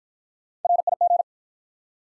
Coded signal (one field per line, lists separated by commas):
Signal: Morse code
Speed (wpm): 48 wpm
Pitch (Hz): 700 Hz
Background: none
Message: RIG